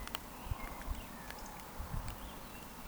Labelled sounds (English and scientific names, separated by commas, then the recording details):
Eurasian Woodcock (Scolopax rusticola) whistle
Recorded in Baden-Württemberg, Germany, on 14 June 2020 at 19:30 UTC
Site 14569, 102 m above sea level